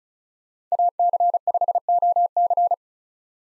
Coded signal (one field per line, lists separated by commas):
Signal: Morse code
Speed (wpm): 34 wpm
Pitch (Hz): 700 Hz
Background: none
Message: AC5OC